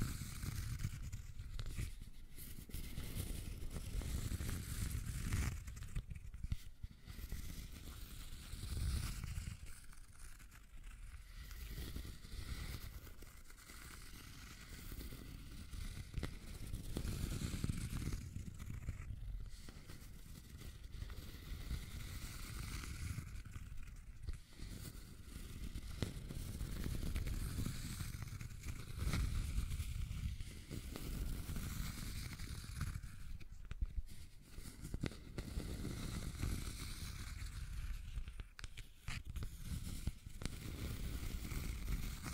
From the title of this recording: Scratching and Tracing Sounds